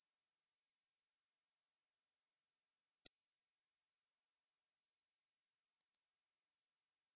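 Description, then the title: Black-masked finch calling: four short bursts of very high, thin twittering notes, with silence between. "LuckyPassaro Completos2Sama. Black-masked Finch (Coryphaspiza melanotis)"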